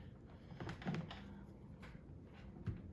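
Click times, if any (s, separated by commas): none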